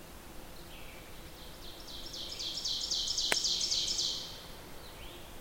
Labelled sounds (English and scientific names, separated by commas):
Ovenbird (Seiurus aurocapilla) song